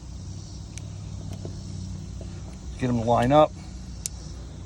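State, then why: Seated. A J1939 Y-cable round connector, lined up by its white and red marks, is pushed onto the vehicle's mating diagnostic plug against a steady low rumble while someone talks briefly. It snaps into place with a sharp click at 4.1 s, seated.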